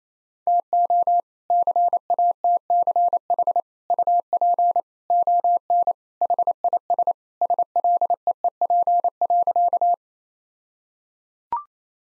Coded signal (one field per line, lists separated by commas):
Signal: Morse code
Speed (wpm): 28 wpm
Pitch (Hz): 700 Hz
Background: none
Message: TO CATCH UP ON HIS SLEEP.